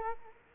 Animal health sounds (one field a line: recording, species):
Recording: mosquito wingbeat signal from an infrared sensor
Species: Culex quinquefasciatus